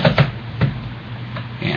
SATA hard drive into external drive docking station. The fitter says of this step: and boom it clicks right in you can tell when it's in beautiful